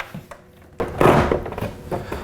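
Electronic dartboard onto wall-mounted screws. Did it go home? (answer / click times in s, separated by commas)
yes / 1.0 s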